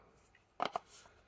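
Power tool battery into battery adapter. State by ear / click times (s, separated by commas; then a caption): not seated / none. A Bosch power tool battery is handled against a plastic battery adapter meant for a Parkside tool, giving a faint tick at 0.4 s and then two sharp knocks at 0.6 s and 0.8 s. Nothing has seated or clicked into place yet.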